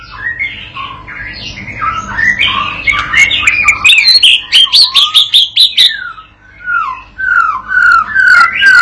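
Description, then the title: White-rumped shama song: busy mix of whistles and harsh chattering notes, a rapid buzzy burst midway, then clear downslurred whistles. Training song for teaching a young bird to sing continuously. "MURAI BATU PAUD BELAJAR GACOR, AJARI DENGAN MASTERAN PANCINGAN INI"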